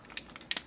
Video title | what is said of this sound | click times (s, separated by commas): MASTERPIECE MEGATRON TRANSFORMERS MP 36 REVIEW | so these bits are going to lock into place | 0.5 s